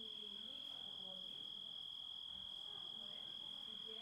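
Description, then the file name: Grasshopper calling as a constant high-pitched drone, even and uninterrupted, with soft low rustling underneath. Composite of grasshopper sounds. "engisprettur samsett hljo rit"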